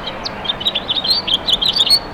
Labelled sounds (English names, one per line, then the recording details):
House Finch song
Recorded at Westbury on Long Island, New York, on 27 May 2013
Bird A